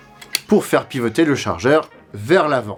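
A rear release lever on a Snow Wolf ZB26 airsoft light machine gun replica is lifted so the magazine can pivot forward and come out. A faint tick at 0.2 s comes just before the sharp click of the lever unlatching at 0.4 s, and then someone talks. The magazine is released.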